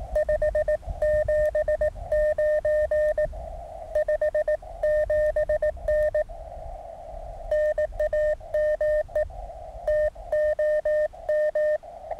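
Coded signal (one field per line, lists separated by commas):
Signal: Morse code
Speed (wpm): 18 wpm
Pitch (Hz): 610 Hz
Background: radio noise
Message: 579 57N NAME TOM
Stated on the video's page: QRP park activation with Mountain Topper MTR 3B at 9 volts on resonant antenna, calling CQ and completing a CW QSO.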